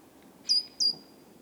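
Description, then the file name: Great tit sounding two bright, thin, high notes close together, each with a quick downward slide into a flat whistle. "Parus major"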